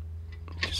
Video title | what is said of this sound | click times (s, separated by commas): Dell GX270 Replace Motherboard - Bad capacitors | press straight down and it locks into place that's it we're ready to go | 0.6 s